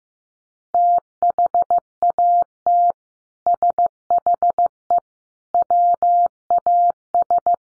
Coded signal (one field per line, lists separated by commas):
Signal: Morse code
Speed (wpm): 15 wpm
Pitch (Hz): 700 Hz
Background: none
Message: THAT SHE WAS